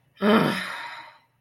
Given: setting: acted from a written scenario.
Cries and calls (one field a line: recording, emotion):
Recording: vocal sound without words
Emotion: guilt